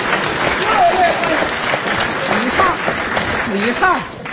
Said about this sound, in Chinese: 哎，鼓掌，我鼓掌，鼓掌，鼓掌，欢迎，鼓掌，欢迎。